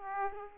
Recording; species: mosquito wingbeat signal from an infrared sensor; Aedes aegypti